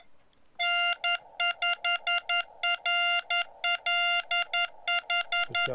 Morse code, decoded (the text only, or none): N5RLH